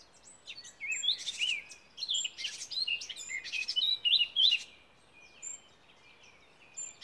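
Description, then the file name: Bird song: rapid, high chirps and twittering trills tumbling in bursts for a few seconds, then quieter scattered notes over a soft steady hiss. "Vögel"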